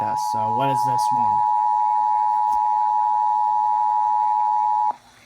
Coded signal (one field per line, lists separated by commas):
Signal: Emergency Alert System (SAME) tones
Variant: 853 and 960 Hz attention tone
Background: speech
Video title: EAS 152 TOR IN BALDIN